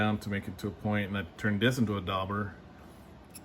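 Someone talks until about 2.5 seconds while handling a 3D-printed plastic holder that carries an oil dauber, meant to snap with pressure onto the body of an old South Bend lathe, followed by a second of quiet with faint handling noise. Nothing has seated or clicked yet; the holder is not yet home on the lathe.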